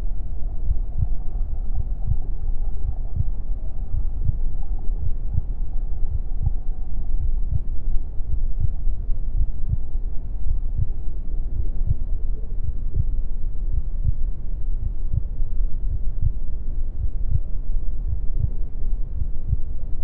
Heartbeat Sound | A Mother's Womb. The gentle thumping of my mother's heartbeat serves as the main focus, a steady rhythm that reverberates through the fluid-filled space. Accompanying the heartbeat is the gentle rise and fall of my mother's breath. The sounds of my mother's digestive system, a gentle gurgling, and rumbling.